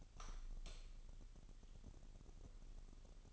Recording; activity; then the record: daily activity, microphone in the room; light on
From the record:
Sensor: 4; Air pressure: 989.2 hPa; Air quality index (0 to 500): 214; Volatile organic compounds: 64 ppm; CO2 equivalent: 3464 ppm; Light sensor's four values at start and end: 25/81/30/31 and 28/93/35/36